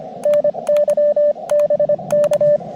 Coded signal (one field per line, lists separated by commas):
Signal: Morse code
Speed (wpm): 24 wpm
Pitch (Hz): 590 Hz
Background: radio noise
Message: NY BK